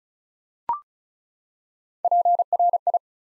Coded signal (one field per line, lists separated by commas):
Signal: Morse code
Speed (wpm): 36 wpm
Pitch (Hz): 700 Hz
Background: none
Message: PRI